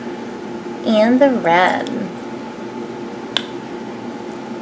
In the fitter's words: there is the cliq so there's three in there